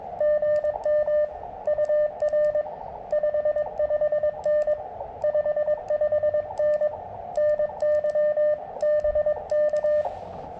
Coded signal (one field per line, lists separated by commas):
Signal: Morse code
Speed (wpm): 21 wpm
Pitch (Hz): 600 Hz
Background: radio noise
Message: GM UR 55N 55N NY BK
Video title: QRP CW POTA at Filmore Glen State Park